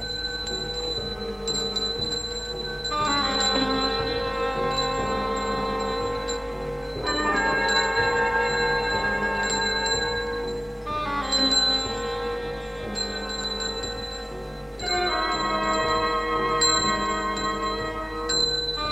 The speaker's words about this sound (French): Le bruit de la sonnette soulevait des torrents de mouches.